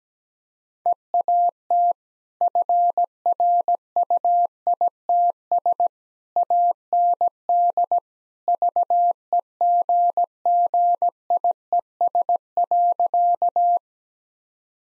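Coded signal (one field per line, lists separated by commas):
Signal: Morse code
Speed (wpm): 17 wpm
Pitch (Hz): 700 Hz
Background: none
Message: EAT FRUITS AND VEGGIES.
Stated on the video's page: Morse practice sentences at 17 wpm with contextual hints.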